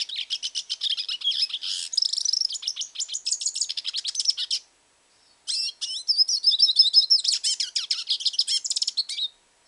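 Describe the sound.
Hooded siskin song in two long twittering bursts of quick chirps and trills, separated by a silent gap of under a second.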